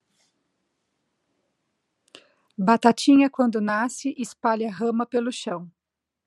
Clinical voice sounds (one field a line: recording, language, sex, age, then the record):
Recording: short text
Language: Brazilian Portuguese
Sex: female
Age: 40 to 49 years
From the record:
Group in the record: control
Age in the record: 42 years